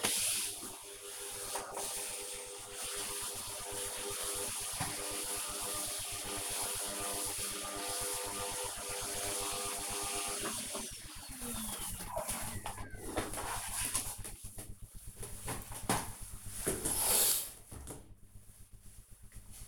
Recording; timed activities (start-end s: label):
household activities, microphone on the right wrist
0.00-10.48 s: vacuum cleaning